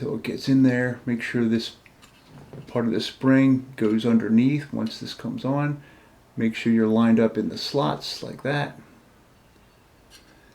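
Someone talks while lining up the base plate of a larger Springfield Hellcat pistol magazine in its slots on the magazine body, before the magazine is pushed down into it. Two faint, brief sounds come at about 2.4 and 2.5 seconds, but the stretch is quiet otherwise. Nothing has seated or clicked yet.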